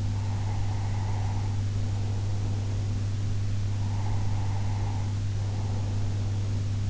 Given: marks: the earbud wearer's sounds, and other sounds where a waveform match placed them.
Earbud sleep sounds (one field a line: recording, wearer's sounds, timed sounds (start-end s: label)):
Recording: sounds in sleep by an in-ear microphone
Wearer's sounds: breath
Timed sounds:
0.00-3.06 s: breath
3.93-6.71 s: breath